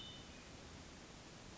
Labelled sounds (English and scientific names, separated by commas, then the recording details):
Hermit Thrush (Catharus guttatus)
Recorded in Sonoma County, California